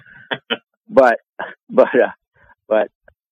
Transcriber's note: laughs